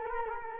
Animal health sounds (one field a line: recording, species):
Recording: mosquito wingbeat signal from an infrared sensor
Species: Culex quinquefasciatus